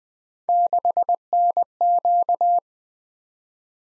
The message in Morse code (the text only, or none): 6NQ